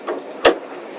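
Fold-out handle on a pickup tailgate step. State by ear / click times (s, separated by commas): seated / 0.5 s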